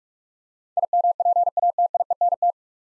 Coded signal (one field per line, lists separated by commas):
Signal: Morse code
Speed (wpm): 46 wpm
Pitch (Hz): 700 Hz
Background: none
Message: IMPATIENT